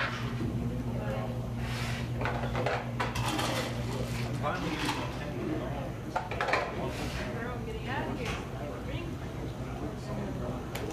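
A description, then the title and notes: A buzzing coffee shop with a steady hum of overlapping chatter throughout. Sharp clinks and clatters of dishes pop up every second or so, busiest between two and seven seconds, while a low steady drone underlies the first half before easing. A buzzing coffee shop.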